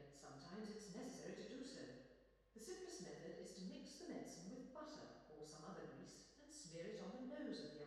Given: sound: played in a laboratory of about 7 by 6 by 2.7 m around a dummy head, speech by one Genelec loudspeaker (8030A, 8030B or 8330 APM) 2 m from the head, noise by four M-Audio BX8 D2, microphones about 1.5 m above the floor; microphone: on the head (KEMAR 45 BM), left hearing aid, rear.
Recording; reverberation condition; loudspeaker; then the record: female speech in English; high; 90 degrees to the right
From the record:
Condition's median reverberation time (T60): about 1300 ms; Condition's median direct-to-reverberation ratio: about -4.0 dB